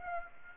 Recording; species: mosquito wingbeat signal from an infrared sensor; Aedes aegypti